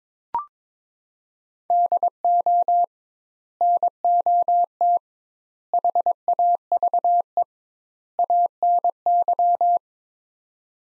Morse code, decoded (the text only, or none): DO NOT HAVE ANY